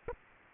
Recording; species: mosquito wingbeat signal from an infrared sensor; Aedes aegypti